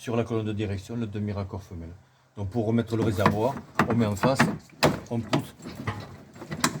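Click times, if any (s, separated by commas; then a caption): 6.6 s. On a go-kart, the fuel tank's half-coupling is lined up with the female half-coupling on the steering column and pushed together to refit the tank while someone talks. A sharp mechanical click at 6.6 s shows the fuel line quick coupling has clipped in and seated.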